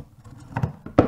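A DDR memory module is lined up with a motherboard DIMM slot and pressed down firmly until it locks and the slot's retaining clip closes. Faint handling taps and scrapes come first, with small knocks near 0.6 s and 0.9 s. Then a sharp, loud click at 1.0 s marks the module seating into the slot.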